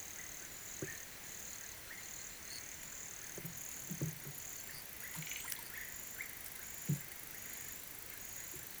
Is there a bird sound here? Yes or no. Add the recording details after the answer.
no. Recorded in pastures near Puerto Asís, Putumayo, Colombia, on 30 June 2025 at 13:00. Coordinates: 0.486, -76.323. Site H29